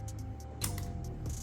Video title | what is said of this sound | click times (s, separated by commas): 2020-2024 FORD ESCAPE STLine 1.5L, Replace Spark Plugs and Coils (Dragon B) | lock that connector in place, and there you have it, folks. | 0.6 s